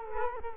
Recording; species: mosquito wingbeat signal from an infrared sensor; Culex quinquefasciatus